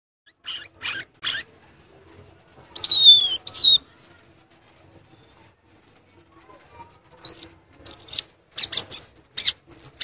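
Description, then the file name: Violaceous euphonia singing sparsely: scattered clicks and dry notes, a pair of falling whistles, then a few brief rising and slurred high notes after a long pause. "canto do gaturamo verdadeiro"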